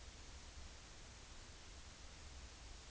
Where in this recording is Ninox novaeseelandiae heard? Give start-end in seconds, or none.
none